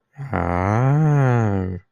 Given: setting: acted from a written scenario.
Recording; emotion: vocal sound without words; desire